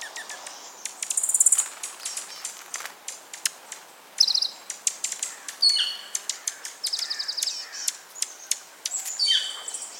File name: Junco hyemalis Oregon group - Dark-eyed Junco